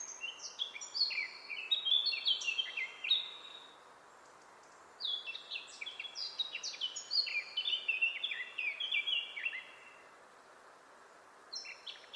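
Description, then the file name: Eurasian blackcap singing rapid, jumbled warbles of bright whistled notes in two extended phrases with a brief gap, then a new phrase starting just before the end. "Sylvia atricapilla"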